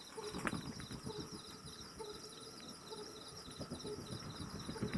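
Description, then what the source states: Pallid scops owl giving short, low hoots at irregular intervals, partly masked by a steady high pulsing insect chorus and soft rustling thumps. Male hooting, with wingbeats of bats also heard.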